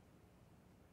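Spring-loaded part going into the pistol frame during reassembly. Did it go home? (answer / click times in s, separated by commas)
no / none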